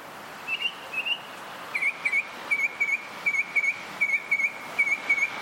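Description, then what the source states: Noisy Miner calls: a series of sharp, high piping notes in close pairs, repeated steadily over about five seconds with faint background hiss. Played on air.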